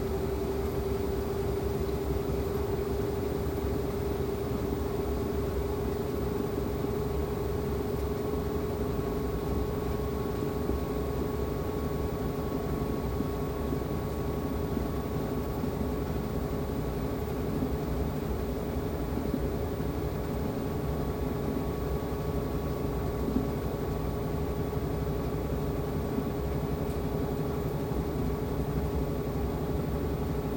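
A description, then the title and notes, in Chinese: A washing machine runs with a steady, unbroken motor drone, heavy in the low end, with a faint whine sitting above it. The level holds constant for the whole half-minute, with no clear pauses, clunks or changes in rhythm. 洗衣機。轉一轉洗一洗。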